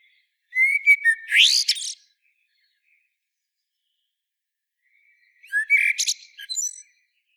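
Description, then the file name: Common blackbird singing two brief phrases a few seconds apart: low whistled notes and a sweeping rising squeal, then high scratchy twittering. "Turdus merula"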